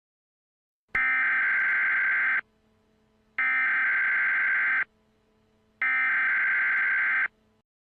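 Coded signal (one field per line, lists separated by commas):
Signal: Emergency Alert System (SAME) tones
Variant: header bursts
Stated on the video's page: Fictional EAS scenario with simulated SAME tones.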